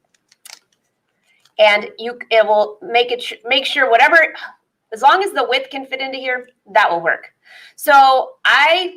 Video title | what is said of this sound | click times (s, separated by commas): SMP Countdown to Christmas - Monday, December 14th | so this is one where you can put in any pen that you want it pops right into here | 0.5 s